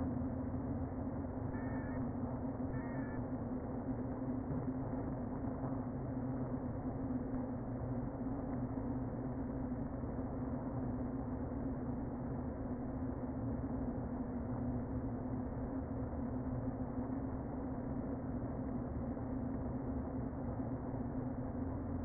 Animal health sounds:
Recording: honeybee colony, microphone inside the hive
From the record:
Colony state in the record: queen present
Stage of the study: before two queens were removed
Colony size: about 60,000 bees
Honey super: yes

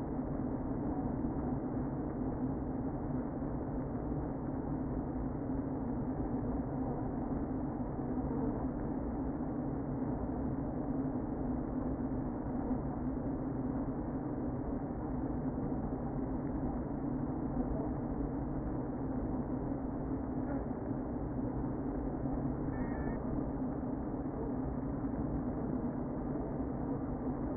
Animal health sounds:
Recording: honeybee colony, microphone inside the hive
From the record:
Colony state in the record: queen present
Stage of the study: before two queens were removed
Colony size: about 60,000 bees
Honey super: yes

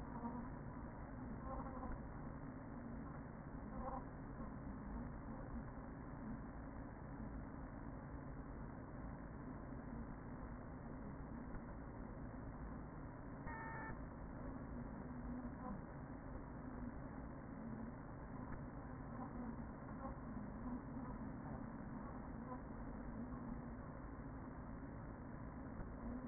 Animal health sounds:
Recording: honeybee colony, microphone inside the hive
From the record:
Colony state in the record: queen present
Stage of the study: after two queens were removed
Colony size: about 40,000 bees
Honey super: no

